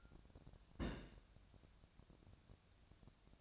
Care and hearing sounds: daily activity, microphone in the room; place on stove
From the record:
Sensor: 2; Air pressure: 999.8 hPa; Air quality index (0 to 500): 123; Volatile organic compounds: 2 ppm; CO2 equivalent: 1061 ppm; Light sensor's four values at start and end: 31/76/33/37 and 31/76/33/37

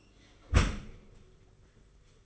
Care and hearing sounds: daily activity, microphone in the room; close dishwasher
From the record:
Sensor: 4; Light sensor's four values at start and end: 22/73/27/28 and 22/73/27/28

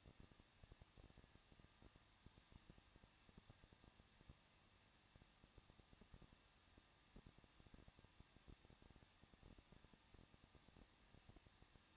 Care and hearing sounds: daily activity, microphone in the room; no activity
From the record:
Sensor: 3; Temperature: 21.2 degrees Celsius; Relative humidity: 36.2%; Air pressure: 1006.6 hPa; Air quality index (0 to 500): 220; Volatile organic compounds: 39 ppm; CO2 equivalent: 3129 ppm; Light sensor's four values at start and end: 2/3/2/2 and 2/3/2/2

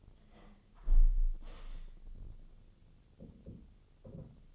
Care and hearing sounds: daily activity, microphone in the room; close window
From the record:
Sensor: 4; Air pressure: 1015.8 hPa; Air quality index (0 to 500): 90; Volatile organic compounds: 2 ppm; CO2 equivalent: 1000 ppm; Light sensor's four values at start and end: 9/20/8/7 and 9/20/8/7

